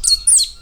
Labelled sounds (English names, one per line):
Stitchbird song